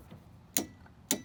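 A click-type torque wrench tightens the bottom caliper bracket bolt to 70 during a brake and rotor replacement on a 2007+ Dodge Charger. A loud, sharp click at 0.6 s shows the wrench reaching its setting, and a second similar click follows at 1.1 s. The bolt is confirmed torqued to 70.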